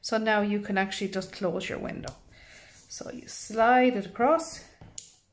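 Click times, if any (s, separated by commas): 5.0 s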